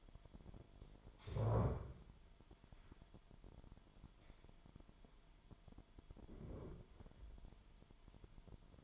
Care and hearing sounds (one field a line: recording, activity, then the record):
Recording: daily activity, microphone in the room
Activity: stand up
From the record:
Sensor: 5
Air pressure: 998.6 hPa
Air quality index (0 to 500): 86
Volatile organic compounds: 2 ppm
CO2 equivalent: 986 ppm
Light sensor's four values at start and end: 43/105/43/48 and 42/101/42/46